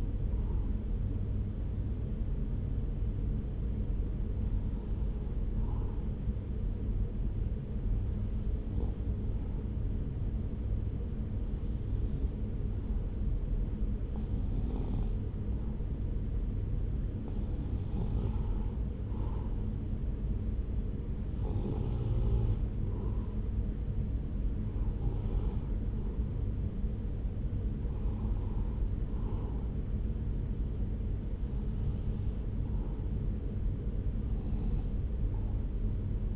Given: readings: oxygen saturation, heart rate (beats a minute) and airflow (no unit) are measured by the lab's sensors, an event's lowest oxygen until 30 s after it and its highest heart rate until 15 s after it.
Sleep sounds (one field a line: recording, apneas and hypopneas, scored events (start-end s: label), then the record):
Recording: breathing in sleep by a smartphone at the bedside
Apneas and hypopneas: none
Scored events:
none scored
From the record:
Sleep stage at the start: N1 (lightest sleep)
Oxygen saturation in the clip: 93 to 95%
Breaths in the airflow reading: 10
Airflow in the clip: -2.9 to 3.0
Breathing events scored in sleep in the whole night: 335 in 6.7 hours asleep